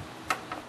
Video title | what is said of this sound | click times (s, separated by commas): HOW TO Replace The Brake Cable On A Lawnmower With A Tecumseh Engine | now all you have to do is push this part of the cable in until you hear it snap in there | 0.3 s